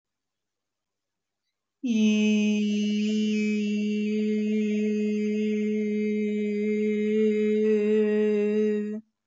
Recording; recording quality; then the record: sustained vowel as in beet; excellent, no background noise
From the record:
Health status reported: healthy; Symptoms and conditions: none ticked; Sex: male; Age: 22 years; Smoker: not ticked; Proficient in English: yes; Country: India